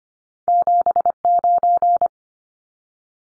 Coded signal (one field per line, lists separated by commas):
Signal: Morse code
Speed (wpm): 25 wpm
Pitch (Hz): 700 Hz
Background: none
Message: 79